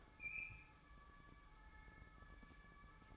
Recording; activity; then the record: daily activity, microphone in the room; open fridge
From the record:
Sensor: 1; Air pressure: 1007.8 hPa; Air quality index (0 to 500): 88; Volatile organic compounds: 1 ppm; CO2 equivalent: 749 ppm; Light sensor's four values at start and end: 14/33/14/15 and 14/33/14/15